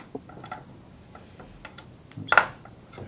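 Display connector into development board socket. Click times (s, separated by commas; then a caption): 2.3 s, 2.4 s. A display is set down on a Dragonboard development board and its connector is pushed into the board socket. Faint light ticks and handling sounds come first, then two sharp clicks at 2.3 and 2.4 seconds as the connector snaps in. The connector is confirmed seated in the socket.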